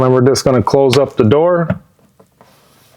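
After a cabin air filter change on a Bronco Sport, the glove box door is being closed and pushed in so its side stop tabs line up with the glove box opening in the dashboard. Someone talks for the first 1.8 seconds, then only faint handling noises follow, with a small tap near 2.4 seconds. The clip ends before the tabs lock into place, and nothing has clicked or seated yet.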